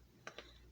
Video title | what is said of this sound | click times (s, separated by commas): Flex Plus | hooks and you can hear it click again it has a lock feature that you have to do | 0.3 s